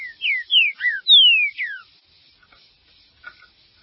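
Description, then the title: Green-winged saltator song of about six loud whistled phrases, mostly sliding down in pitch, delivered in under two seconds and followed by quiet. "Trinca Ferro"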